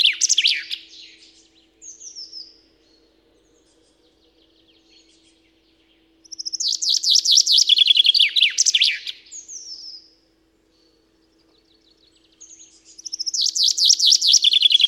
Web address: Spev Vtakov pinka